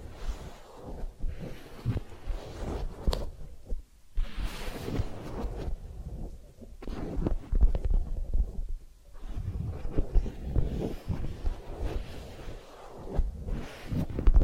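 Massage and ear cleaning sounds: uneven low rubbing and scratchy rustles in bursts, with brief quiet gaps near four and nine seconds.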